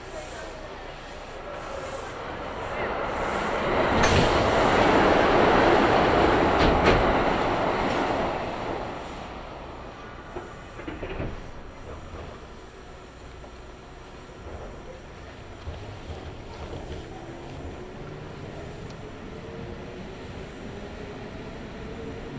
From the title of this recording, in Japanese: 近鉄名古屋線 普通 近鉄名古屋→蟹江